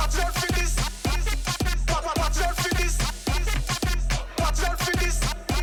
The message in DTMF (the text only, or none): none